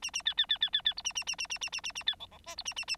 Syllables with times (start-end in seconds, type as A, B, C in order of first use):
0.02-0.11 A, 0.13-0.22 A, 0.25-0.34 B, 0.37-0.46 B, 0.49-0.58 B, 0.60-0.70 B, 0.73-0.82 B, 0.85-0.94 B, 0.96-1.02 C, 1.04-1.13 A, 1.15-1.24 A, 1.26-1.36 A, 1.38-1.47 A, 1.50-1.58 A, 1.61-1.70 A, 1.72-1.81 A, 1.83-1.92 A, 1.95-2.03 A, 2.06-2.15 B, 2.19-2.26 D, 2.31-2.38 D, 2.46-2.56 E, 2.57-2.63 C, 2.65-2.74 A, 2.76-2.85 A, 2.87-2.96 A